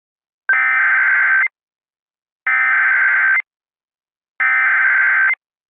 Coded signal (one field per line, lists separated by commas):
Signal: Emergency Alert System (SAME) tones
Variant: header bursts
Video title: The Freezing One (Part 1) - an EAS Scenario